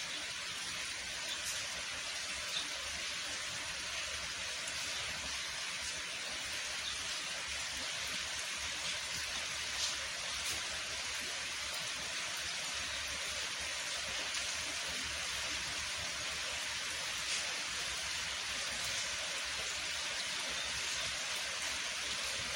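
Rain falls in a steady, dense hiss that stays bright and even for the whole stretch, with no build or fade. Now and then a slightly sharper drop or tick stands out, around the two, ten and seventeen second marks, over a faint low rumble.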